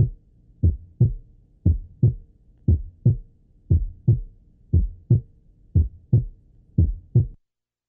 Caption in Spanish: Escuche los dos ruidos cardíacos en el segundo espacio intercostal izquierdo. En primer lugar, sin desdoblamiento del segundo ruido. El segundo. Ruido es más intenso que el primer ruido y de tonalidad más alta. Normalmente el segundo ruido cardíaco es único o muy ligeramente desdoblado durante la expiración y muestra un desdoblamiento en la inspiración.